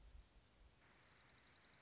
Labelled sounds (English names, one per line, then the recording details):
Dark-eyed Junco
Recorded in Sonoma County, California